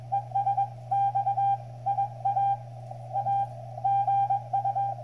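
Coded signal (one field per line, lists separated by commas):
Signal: Morse code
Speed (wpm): 20 wpm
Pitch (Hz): 790 Hz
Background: none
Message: ES X IA A GU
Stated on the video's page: CW sent and received on a Xiegu X6100.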